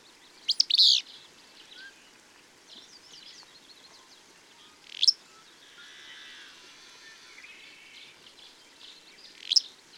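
Bird song: a loud, high burst near the start, then two single sharp chirps later, over faint twittering.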